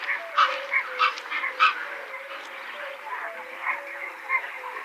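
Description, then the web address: Dalmatian pelican grunts: several harsh barks in the first two seconds, then softer scattered calls over a continuous low tonal hum. "Schulze Peter Dalmatian Pelican"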